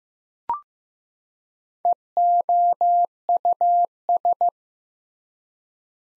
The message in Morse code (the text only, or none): EOUS